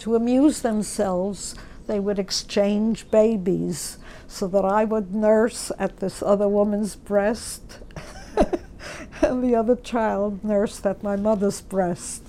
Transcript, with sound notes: To amuse themselves, they would exchange babies so that I would nurse at this woman's breast (she laughs) and the other child nursed at my mother's breast.